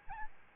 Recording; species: mosquito wingbeat signal from an infrared sensor; Aedes albopictus